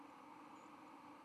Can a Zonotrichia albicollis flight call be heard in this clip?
yes